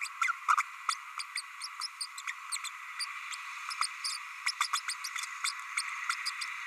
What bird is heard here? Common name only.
Green-rumped Parrotlet